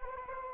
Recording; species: mosquito wingbeat signal from an infrared sensor; Anopheles arabiensis